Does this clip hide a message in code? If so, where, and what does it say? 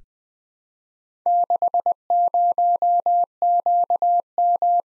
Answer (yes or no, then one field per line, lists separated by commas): yes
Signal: Morse code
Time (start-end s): 1.3-4.8 s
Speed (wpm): 20 wpm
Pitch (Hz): 700 Hz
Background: none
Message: 60QM